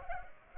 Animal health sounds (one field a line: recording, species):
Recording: mosquito wingbeat signal from an infrared sensor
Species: Culex pipiens